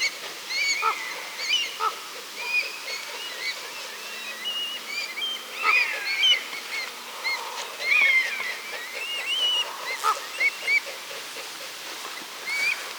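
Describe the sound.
Bird song of many whistled and chirped phrases, with a faint low hum in the middle.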